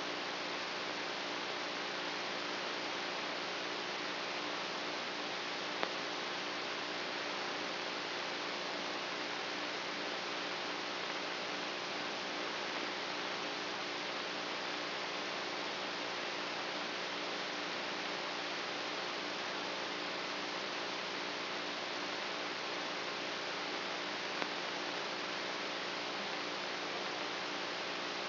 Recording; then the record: brain microelectrode recording played as sound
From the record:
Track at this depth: inside the subthalamic nucleus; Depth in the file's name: 3.004 mm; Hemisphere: right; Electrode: 3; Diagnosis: Parkinson's disease